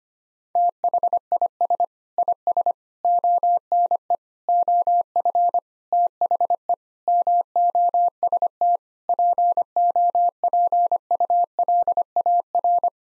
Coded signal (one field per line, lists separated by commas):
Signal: Morse code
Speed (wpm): 25 wpm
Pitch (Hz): 700 Hz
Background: none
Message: THIS IS ONE OF THE MOST POPULAR